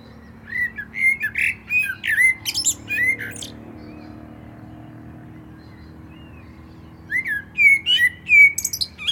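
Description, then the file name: Common blackbird gives two separate song phrases of fluty whistles and high twitters, split by a silent pause of several seconds. "Turdus merula"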